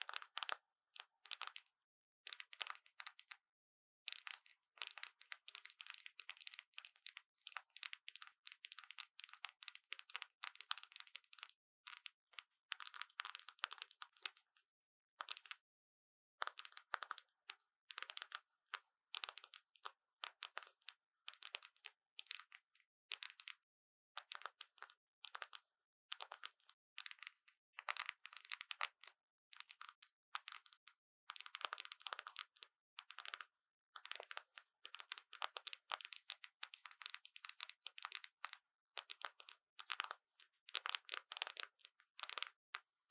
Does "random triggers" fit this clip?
yes